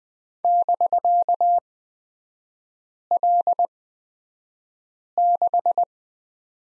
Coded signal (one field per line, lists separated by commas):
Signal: Morse code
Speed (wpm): 20 wpm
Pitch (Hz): 700 Hz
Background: none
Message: <BK>L6